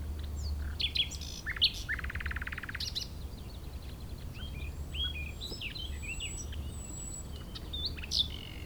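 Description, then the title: Common nightingale song: a varied, improvised sequence of sharp upswept notes, a buzzy rattling trill and quick slurred whistles, with low wind rumble throughout. Wild nightingale singing in breeding season, hidden in scrub near Chindrieux, France; sunny day, fairly strong west wind; Zoom H4n Pro on ground tens of metres away in small valley. "Chindrieux, France - Rossignol"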